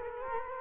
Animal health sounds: mosquito wingbeat signal from an infrared sensor; Culex quinquefasciatus

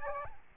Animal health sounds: mosquito wingbeat signal from an infrared sensor; Aedes albopictus

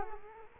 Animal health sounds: mosquito wingbeat signal from an infrared sensor; Culex quinquefasciatus

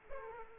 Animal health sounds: mosquito wingbeat signal from an infrared sensor; Aedes aegypti

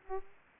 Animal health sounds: mosquito wingbeat signal from an infrared sensor; Aedes aegypti

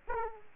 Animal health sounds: mosquito wingbeat signal from an infrared sensor; Aedes aegypti

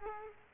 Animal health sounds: mosquito wingbeat signal from an infrared sensor; Culex quinquefasciatus

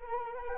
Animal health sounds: mosquito wingbeat signal from an infrared sensor; Anopheles arabiensis

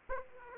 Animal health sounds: mosquito wingbeat signal from an infrared sensor; Aedes aegypti

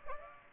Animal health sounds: mosquito wingbeat signal from an infrared sensor; Aedes aegypti

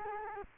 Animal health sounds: mosquito wingbeat signal from an infrared sensor; Culex quinquefasciatus

